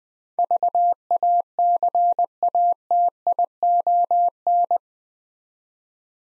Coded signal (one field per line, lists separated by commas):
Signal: Morse code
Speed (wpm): 20 wpm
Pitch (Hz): 700 Hz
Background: none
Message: VACATION